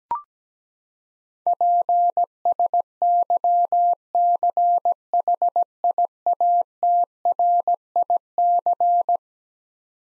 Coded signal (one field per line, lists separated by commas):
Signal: Morse code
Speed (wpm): 17 wpm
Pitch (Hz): 700 Hz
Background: none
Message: PSYCHIATRIC